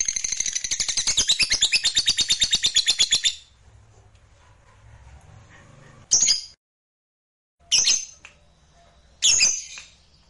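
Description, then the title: Lovebird song: a rapid buzzy chattering trill for about three seconds, then silence broken by three short harsh chirps. "Suara Lovebird"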